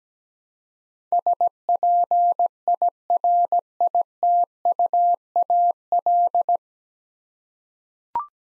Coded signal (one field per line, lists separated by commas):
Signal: Morse code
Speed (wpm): 17 wpm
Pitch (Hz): 700 Hz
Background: none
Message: SPIRITUAL